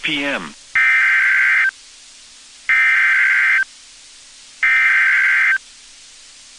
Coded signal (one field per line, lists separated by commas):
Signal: Emergency Alert System (SAME) tones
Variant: header bursts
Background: speech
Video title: A Single SVR | EAS 492 - SVR for DeWitt, Gonzales, Karnes, Wilson TX